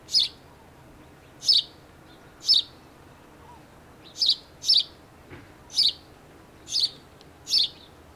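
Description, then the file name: House sparrow chirps, short bright notes repeated roughly once a second in a loose series of eight, with a quiet background. "Passer domesticus"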